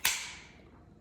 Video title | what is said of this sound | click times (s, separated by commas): Italia Café Fully Automatic Coffee Machine - Milk Frother Thorough Cleaning | give it a pull, you'll hear a snap. | 0.0 s